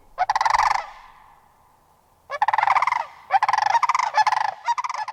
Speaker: That's a special spring call for Homerites, the Sandhill Crane.